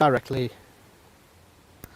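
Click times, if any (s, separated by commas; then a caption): 1.8 s. Someone talks briefly, then after a quiet pause a single sharp click at 1.8 seconds marks the plastic connector of a DC power lead being pushed into the power socket on the back of an amateur radio transceiver. The connector is seated.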